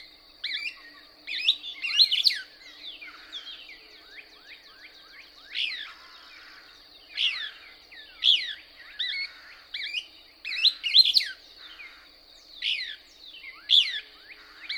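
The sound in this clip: Couch's Kingbird song: bursts of quick, slurred, squeaky notes spaced a second or two apart, with a constant thin high hum behind them.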